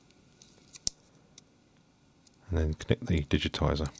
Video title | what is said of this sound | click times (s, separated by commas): تغير شاشة ايفون 4 -iPhone 4 Digitizer Display Screen + Home Key Switch Repair Replacement | and then push that down to fill it snap into place | 0.9 s